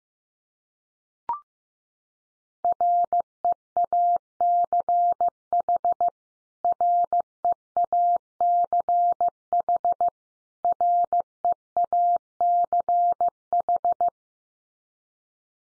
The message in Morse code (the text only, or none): REACH REACH REACH